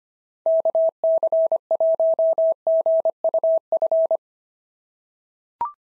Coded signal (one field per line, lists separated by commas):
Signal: Morse code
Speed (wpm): 25 wpm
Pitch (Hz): 650 Hz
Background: none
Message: KC1GUF